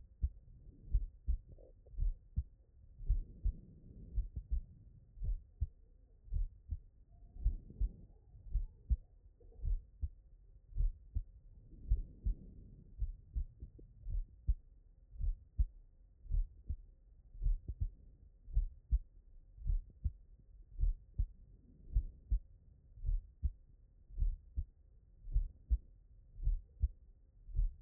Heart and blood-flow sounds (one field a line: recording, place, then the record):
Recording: heart sounds by stethoscope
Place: pulmonary valve (PV)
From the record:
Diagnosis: non-HFrEF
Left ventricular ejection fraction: 60%